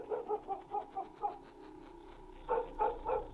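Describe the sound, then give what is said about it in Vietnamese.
A black dog chained down in the kitchen barks persistently in quick runs of short, fairly high, yappy barks, goes quiet for a moment, then starts up again with another loud burst. “Thế nhưng con chó mực xích ở dưới bếp lại một lần nữa sủa lên nhấm nha nhấm nhằng.”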